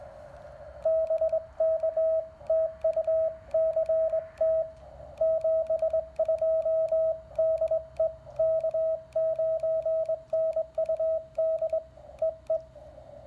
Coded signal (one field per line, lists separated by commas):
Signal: Morse code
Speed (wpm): 22 wpm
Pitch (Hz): 640 Hz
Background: radio noise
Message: BK TU CT 72 DE K9NUD EE